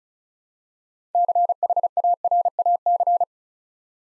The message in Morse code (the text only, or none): CHARAC